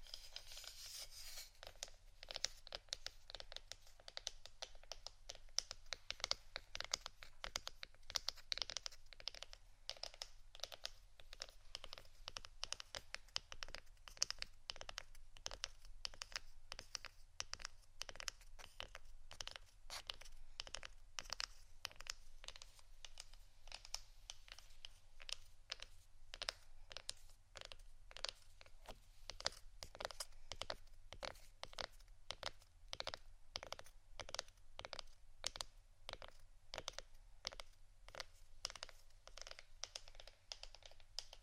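Wooden items are tapped and scratched in a dense, fast run of sharp clicks and brief scrapes that continues without pause for the whole stretch. The strikes are crisp and bright, a little irregular in pace, over a steady low hum.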